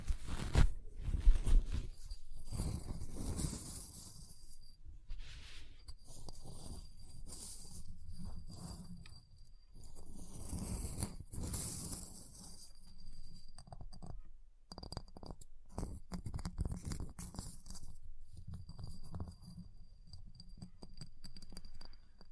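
Ice being scraped, scratched and tapped, with rough, hissy carving strokes swelling around 3, 11 and 17 seconds. Between them come quicker taps and short scratches, irregular and busy, with a low rumble underneath and a faint thin whine throughout.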